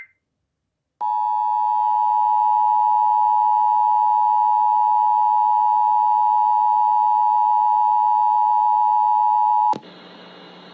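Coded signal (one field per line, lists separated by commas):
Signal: Emergency Alert System (SAME) tones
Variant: 853 and 960 Hz attention tone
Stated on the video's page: Tornado drill alerts.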